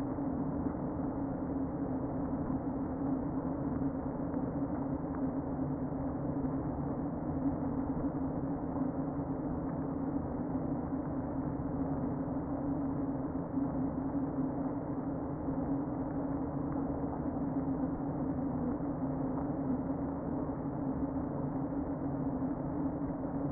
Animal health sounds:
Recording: honeybee colony, microphone inside the hive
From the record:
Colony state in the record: queen present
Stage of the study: before two queens were removed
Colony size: about 60,000 bees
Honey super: yes

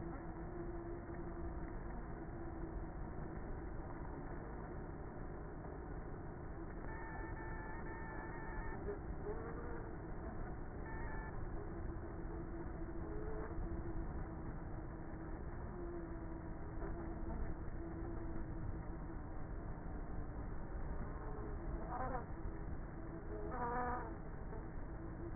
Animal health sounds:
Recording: honeybee colony, microphone inside the hive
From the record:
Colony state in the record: queenless with a low population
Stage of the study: before two queens were removed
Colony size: about 30,000 bees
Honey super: no

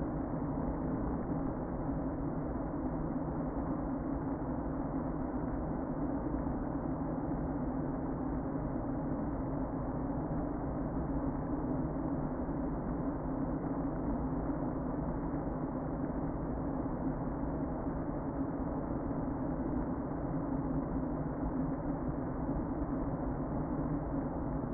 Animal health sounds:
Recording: honeybee colony, microphone inside the hive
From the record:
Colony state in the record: queen present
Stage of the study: before two queens were removed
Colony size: about 60,000 bees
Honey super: yes

